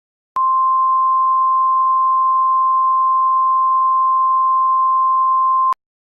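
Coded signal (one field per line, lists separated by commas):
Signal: Emergency Alert System (SAME) tones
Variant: 1050 Hz attention tone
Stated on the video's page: Fictional EAS scenario.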